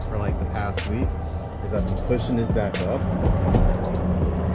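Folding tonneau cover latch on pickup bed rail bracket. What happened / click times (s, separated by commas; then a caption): The cover latch is handled but has not snapped in yet / none. A bent section of a folding BakFlip MX4 tonneau cover on a Dodge Ram 1500 is pushed up by hand as a temporary workaround, because it has been raining, so its latch can snap into the bed rail bracket. Someone talks over music and a steady low hum. Nothing has seated or clicked yet.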